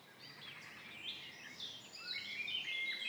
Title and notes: Les oiseaux chantent à l'aube, Devant l'entrée des carrières abandonnées d'Hennocque. Morning Birds at the entrance of the Quarry Hennocque